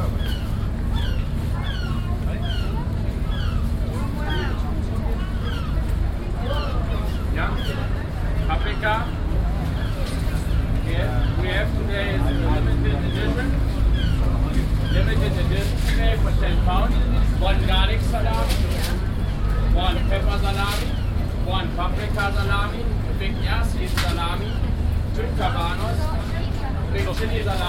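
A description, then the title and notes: Crowd of overlapping voices at a market, steady, with several conversations running at once. A constant low engine rumble sits underneath throughout, and sharp clatters and knocks break through more often in the second half. Recordings around the continental market in Exeter, July 2006.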